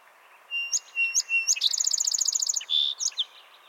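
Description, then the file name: Song sparrow song with three crisp whistled opening notes, a rapid ringing trill, a buzzy drawn-out note, then a couple of short closing chips. "Melospiza melodia - Song Sparrow"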